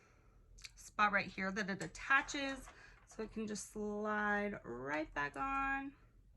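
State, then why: Not seated. A presser foot is handled near its attachment spot on the holder of a Baby Lock Vibrant serger while someone talks, with a couple of faint taps just before 0.6 s. The clip ends before the foot goes home, so nothing has seated or clicked yet.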